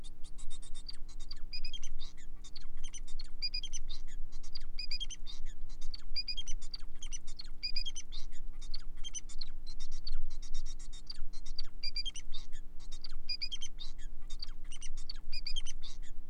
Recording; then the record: song of a male Bengalese finch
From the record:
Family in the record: son of father 4